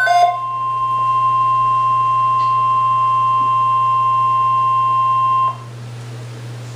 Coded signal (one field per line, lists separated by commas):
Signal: Emergency Alert System (SAME) tones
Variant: 1050 Hz attention tone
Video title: EAS Alert #80